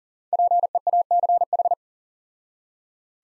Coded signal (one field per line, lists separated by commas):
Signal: Morse code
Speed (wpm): 40 wpm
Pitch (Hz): 700 Hz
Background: none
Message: PEACH